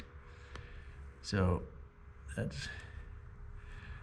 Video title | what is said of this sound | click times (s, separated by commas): Builders Series - Restoring a Corvair Van Wing Window - Luna Refresh Part 13 | push it in and it snaps right into place | 0.6 s